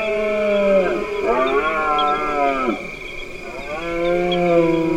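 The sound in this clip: Deer roaring: three drawn-out, moaning bellows rich in overtones, with a steady high-pitched hum throughout.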